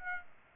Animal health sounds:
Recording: mosquito wingbeat signal from an infrared sensor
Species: Aedes aegypti

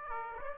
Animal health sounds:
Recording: mosquito wingbeat signal from an infrared sensor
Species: Aedes aegypti

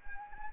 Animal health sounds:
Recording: mosquito wingbeat signal from an infrared sensor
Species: Anopheles arabiensis

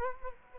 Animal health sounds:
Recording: mosquito wingbeat signal from an infrared sensor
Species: Culex quinquefasciatus

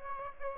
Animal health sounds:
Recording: mosquito wingbeat signal from an infrared sensor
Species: Aedes aegypti

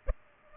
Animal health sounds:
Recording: mosquito wingbeat signal from an infrared sensor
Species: Aedes aegypti

